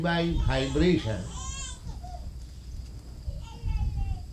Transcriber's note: children crying